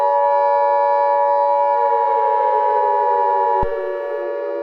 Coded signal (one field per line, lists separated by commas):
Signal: Emergency Alert System (SAME) tones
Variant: 853 and 960 Hz attention tone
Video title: EAS Scenario #6: Behind The Reflection